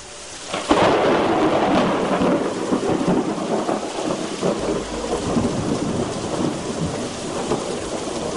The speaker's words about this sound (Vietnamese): Gió mây lập tức đảo chiều, tiếng sấm rền rã cũng bắt đầu vang lên.